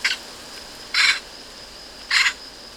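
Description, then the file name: Eurasian magpie giving three harsh, rasping single notes about a second apart, over a steady high-pitched insect-like whine. "Pica pica"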